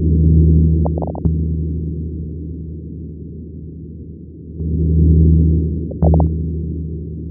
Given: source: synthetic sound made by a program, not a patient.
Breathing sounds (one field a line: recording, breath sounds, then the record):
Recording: synthetic breath sounds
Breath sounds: crackles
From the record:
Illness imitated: interstitial lung disease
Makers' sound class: crackles